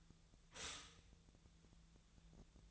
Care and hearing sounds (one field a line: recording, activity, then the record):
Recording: daily activity, microphone in the room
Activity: stop toaster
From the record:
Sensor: 3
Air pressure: 1009.3 hPa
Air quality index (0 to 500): 198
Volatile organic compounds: 17 ppm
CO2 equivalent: 2564 ppm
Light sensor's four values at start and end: 32/81/34/36 and 32/81/34/36